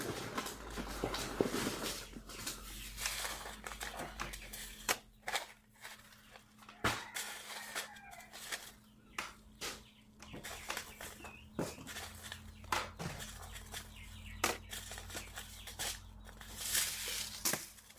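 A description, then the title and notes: Packets of seeds being sorted: quick papery rustles, flicks and taps come in uneven bursts throughout, busiest in the first few seconds and again near the end. A low, steady hum runs underneath the whole time. Sorting Seed packets. Sorting packets of seeds.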